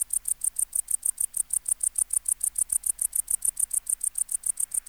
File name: Tettigonia hispanica